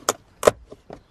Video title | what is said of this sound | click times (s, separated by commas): 2 Must Have Mods For Your Jeep Wrangler JL or JK | see how they snap right in boom look at that | 0.1 s